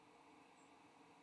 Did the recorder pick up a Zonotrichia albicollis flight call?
yes